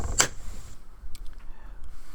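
On a 2019–2023 Ford Ranger 2.3L EcoBoost, the plastic spring clips on the engine air filter housing lid are pushed down at the corners with the thumb, since pushing the corners makes them easier to snap. Sharp snaps are heard at 0.2 s and 1.2 s against a low, steady background hum. All three clips are confirmed back in place, with the lid seated on the airbox.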